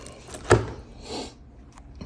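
A battle belt buckle's release is worked and the belt is pulled down so the buckle halves separate, giving a loud, sharp snap at 0.5 s. A softer rustling sweep follows around 1.1–1.3 s, and a few faint taps come near the end. The buckle comes right apart.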